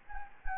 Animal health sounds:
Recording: mosquito wingbeat signal from an infrared sensor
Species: Anopheles gambiae

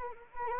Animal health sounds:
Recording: mosquito wingbeat signal from an infrared sensor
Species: Anopheles arabiensis

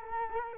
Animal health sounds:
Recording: mosquito wingbeat signal from an infrared sensor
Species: Culex quinquefasciatus

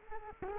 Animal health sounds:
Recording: mosquito wingbeat signal from an infrared sensor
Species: Culex quinquefasciatus

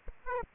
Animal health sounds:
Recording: mosquito wingbeat signal from an infrared sensor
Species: Aedes aegypti

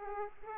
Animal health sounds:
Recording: mosquito wingbeat signal from an infrared sensor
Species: Aedes aegypti

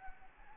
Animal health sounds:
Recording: mosquito wingbeat signal from an infrared sensor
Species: Anopheles arabiensis

